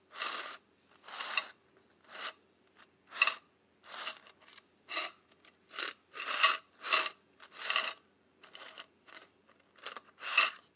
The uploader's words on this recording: ASMR Paperclips and Safety Pins.